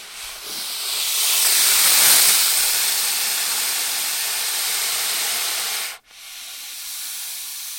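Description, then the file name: Python hissing in a long, broad breathy rush that swells and holds, breaks off abruptly, then resumes more softly. "zvuki pitona zmei"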